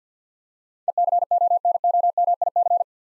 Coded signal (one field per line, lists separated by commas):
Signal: Morse code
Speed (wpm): 50 wpm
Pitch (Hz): 700 Hz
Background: none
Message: ECONOMIC